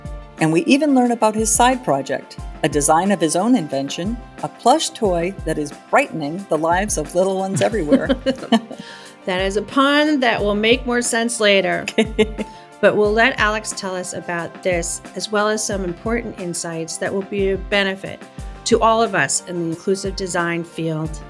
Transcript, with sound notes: And we even learn about his side project, a design of his own invention, a plush toy that is ‘brightening’ the lives of little ones everywhere.
(laughs) That is a pun that will make more sense later… but we’ll let Alex tell us about this as well as some important insights that will be of benefit to all of us in the inclusive design field…